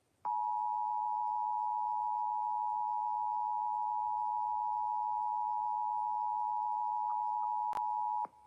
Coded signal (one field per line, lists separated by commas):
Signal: Emergency Alert System (SAME) tones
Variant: 853 and 960 Hz attention tone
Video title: EAS Severe T’storm Warning #36 3/14/25 (Credit Goes To @SouthernPennsylvaniaWX & @KanawhaCountyWX)